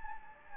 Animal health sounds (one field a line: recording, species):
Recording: mosquito wingbeat signal from an infrared sensor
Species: Anopheles gambiae